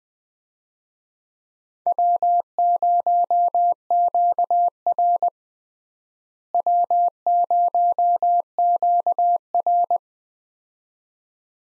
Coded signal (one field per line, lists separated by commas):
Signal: Morse code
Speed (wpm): 21 wpm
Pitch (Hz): 700 Hz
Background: none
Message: W0QR W0QR